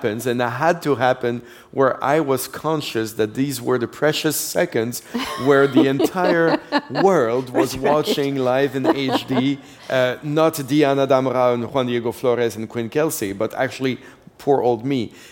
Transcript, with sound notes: and it had to happen where I was conscious that these were the precious seconds where...
(Laughter).
...The entire world was watching, live in HD, not Diana Damrau and Juan Diego Florez and Quinn Kelsey, but actually, poor old me.